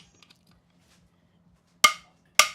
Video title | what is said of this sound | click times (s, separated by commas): In the shed with Wal | The two clicks, that's all you need. | 1.8 s, 2.4 s